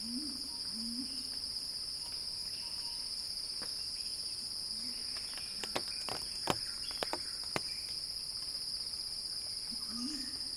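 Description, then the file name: Cicada chorus buzzes steadily while a burst of sharp clicks or taps sounds in the middle, and low rising calls appear at the start and end. Cicada chorus described as a crescendo; recorded by Axel Drioli for earth.fm. "earth-fm Axel-Drioli Cicada-Crescendo-Sounding-Wild"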